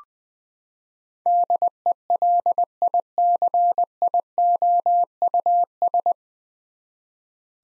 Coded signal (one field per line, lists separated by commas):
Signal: Morse code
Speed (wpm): 20 wpm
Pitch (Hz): 700 Hz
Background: none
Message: DELICIOUS